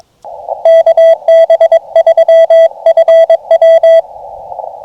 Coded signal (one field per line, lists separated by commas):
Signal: Morse code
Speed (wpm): 22 wpm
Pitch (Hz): 3300 Hz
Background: radio noise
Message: KB3FW